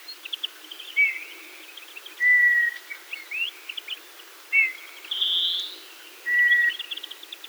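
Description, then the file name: Eurasian bullfinch piping plaintive, level or gently falling whistles every couple of seconds, alongside scattered chirps and buzzy notes from other birds. "Pyrrhula pyrrhula"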